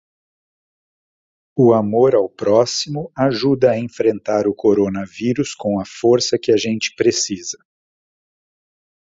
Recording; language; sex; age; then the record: spoken sentence; Brazilian Portuguese; male; 50 to 59 years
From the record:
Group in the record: control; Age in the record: 58 years